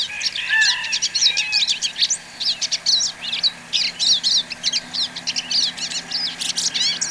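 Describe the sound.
Bird song, a dense run of quick high chirps, trills and twittering notes tumbling over one another.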